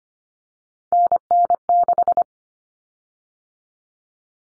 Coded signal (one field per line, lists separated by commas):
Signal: Morse code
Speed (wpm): 25 wpm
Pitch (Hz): 700 Hz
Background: none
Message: NN6